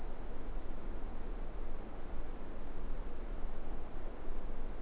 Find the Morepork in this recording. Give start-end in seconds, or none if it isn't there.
none